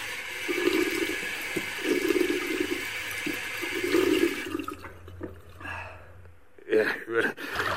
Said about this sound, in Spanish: Otra vez, oiga. Bueno. Oiga, otra vez que sale el agua. A ver, espere un momento. Oiga. Sí. Oiga, mire, por ahí ha parado ya el agua, ¿eh? Ya se la ha cortado, ¿no? Pero sigue por otro lado, ahora sale de una pared.